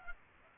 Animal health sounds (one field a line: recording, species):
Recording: mosquito wingbeat signal from an infrared sensor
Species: Aedes aegypti